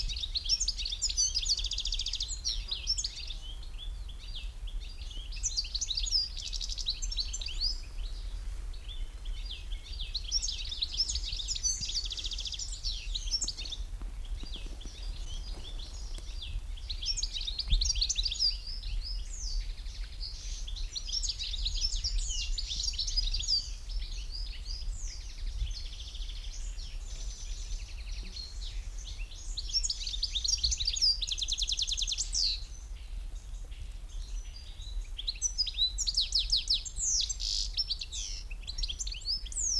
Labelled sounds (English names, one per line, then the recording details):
European Goldfinch
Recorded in the wild
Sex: male
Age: adult
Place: Kremmen, Brandenburg, DE
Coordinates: 52.76, 13.03
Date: 1995-06-03 16:59
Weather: heiter, 18-20°C
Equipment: Marantz CP 430, Sennheiser ME 80, Kopie Uher 4000 Report Monitor
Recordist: Tembrock, Günter